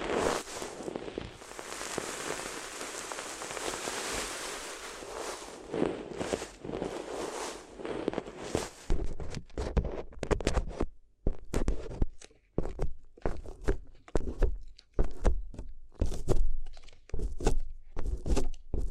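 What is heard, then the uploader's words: Paper crinkles and rustles continuously for the first nine seconds, then breaks into separate sharp crackling crumples and pauses through the end. ASMR If You Had Paper Ears (No Talking).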